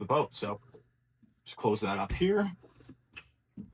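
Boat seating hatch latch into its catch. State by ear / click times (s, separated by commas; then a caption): not seated / none. Someone talks while closing the bow seating hatch or cushion cover, with its latch heading into its catch, on a 2026 Sea Ray SDX 230 bowrider, with a few soft handling sounds between the words. Nothing has seated or clicked yet; the hatch is being handled and the latch has not locked in place.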